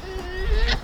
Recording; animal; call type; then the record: contact call of a hoofed animal; wild boar; grunt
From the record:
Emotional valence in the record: negative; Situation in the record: naturally occurring agonistic interactions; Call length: 0.84 s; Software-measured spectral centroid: 2380 Hz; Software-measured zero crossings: 1650 a second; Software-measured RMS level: -23 dBFS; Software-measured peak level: -9 dBFS